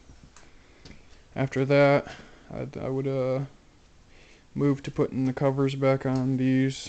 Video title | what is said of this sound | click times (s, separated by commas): big bore install part 6 | you'll hear a couple clicks all it is is putting tension on the Chain | 0.4 s, 0.9 s